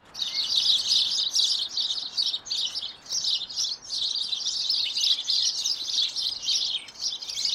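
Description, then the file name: House sparrow chorus, many birds chirping without a break, the busy twittering swelling and dipping. "Passer domesticus"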